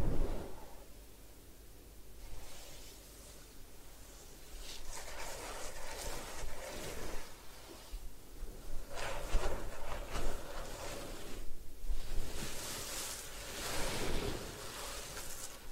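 Hair washing and massage make uneven rustling and soft scrubbing, swelling in bright bursts around four, nine and thirteen seconds over a low rumble.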